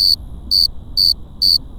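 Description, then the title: Cricket chirps, four short high buzzy pulses spaced about half a second apart, with a low steady hum beneath. Several crickets recorded close by at Cerro Gordo, León, Guanajuato, Mexico, 18 April 2019, 9:19 p.m., with a Tascam DR-05X using built-in microphones and windshield. "Grillos cercanos en el cerro gordo. Lomas del Madrono, Lomas del Campestre, Gto., Mexico"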